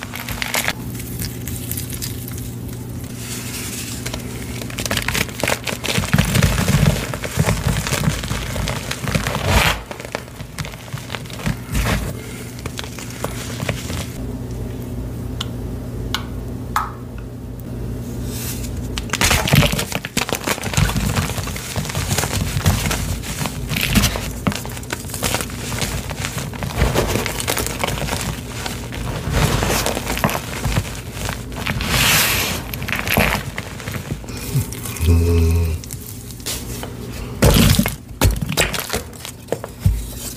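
Gym chalk coated in baby oil is squeezed and crushed, with dense crumbly crackles and soft squishing running almost nonstop for the whole clip. Sharper gritty bursts cluster around 6–10 and 19–35 seconds, over a steady low hum.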